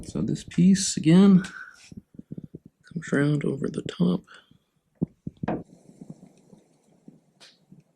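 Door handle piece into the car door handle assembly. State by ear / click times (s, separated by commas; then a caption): seated / 5.0 s. While a door handle is reinstalled on a 1995 Porsche 993 after its gaskets were replaced, a piece is slipped around over the top of the handle assembly and pushed home as someone talks. A few light clicks of handling come around 2.2–2.6 s, then a sharp click at 5.0 s as the piece seats into the door handle assembly, followed by softer rattles. The piece is seated.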